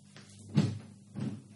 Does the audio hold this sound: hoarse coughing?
no